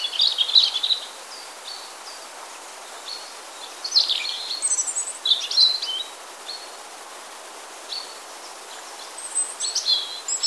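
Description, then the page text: European robin song: high, thin warbled phrases of varied trills and tinkling notes, separated by short pauses, over a steady background hiss. Singing and chirping. "European Robin Singing Chirping Rødstrupe. knut the bird nerd"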